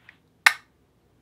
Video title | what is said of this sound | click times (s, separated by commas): My Current Makeup Bin: Summer Edition! | yeah there's something to that click | 0.5 s